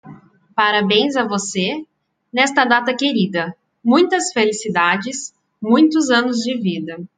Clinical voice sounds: short text; Brazilian Portuguese; female; 30 to 39 years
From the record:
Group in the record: control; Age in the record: 31 years

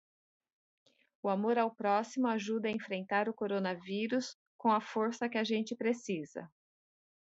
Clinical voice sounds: spoken sentence; Brazilian Portuguese; female; 50 to 59 years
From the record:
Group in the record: control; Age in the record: 54 years

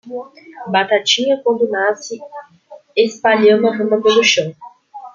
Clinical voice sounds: short text; Brazilian Portuguese; female; 20 to 29 years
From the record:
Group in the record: control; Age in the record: 27 years

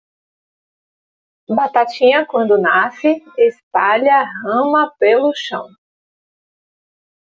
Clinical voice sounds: short text; Brazilian Portuguese; female; 40 to 49 years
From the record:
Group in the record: control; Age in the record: 44 years

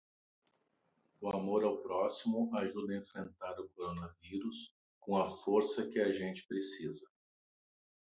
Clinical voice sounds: spoken sentence; Brazilian Portuguese; male; 60 to 69 years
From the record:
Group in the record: control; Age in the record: 60 years

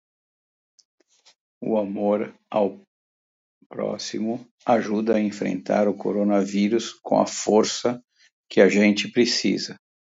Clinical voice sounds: spoken sentence; Brazilian Portuguese; male; 60 to 69 years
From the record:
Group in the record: control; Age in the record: 60 years

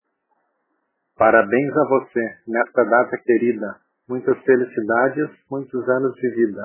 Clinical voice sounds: short text; Brazilian Portuguese; male; 50 to 59 years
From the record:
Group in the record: control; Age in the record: 51 years

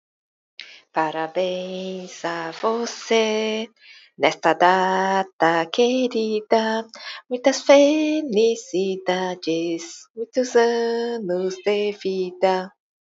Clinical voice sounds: short text; Brazilian Portuguese; female; 40 to 49 years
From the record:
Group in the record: control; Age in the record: 48 years

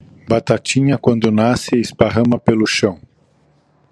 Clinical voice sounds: short text; Brazilian Portuguese; male; 60 to 69 years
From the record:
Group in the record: control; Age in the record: 62 years

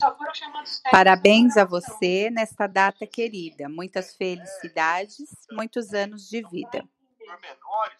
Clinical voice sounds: short text; Brazilian Portuguese; female; 40 to 49 years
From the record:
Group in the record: control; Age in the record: 46 years

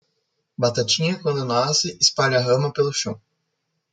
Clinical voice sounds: short text; Brazilian Portuguese; female; 20 to 29 years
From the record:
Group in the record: control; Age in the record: 28 years

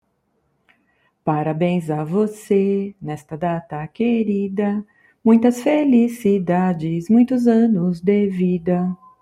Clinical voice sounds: short text; Brazilian Portuguese; female; 40 to 49 years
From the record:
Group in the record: control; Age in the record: 47 years

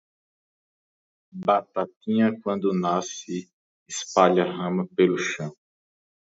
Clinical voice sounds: short text; Brazilian Portuguese; male; 30 to 39 years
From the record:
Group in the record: control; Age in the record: 31 years

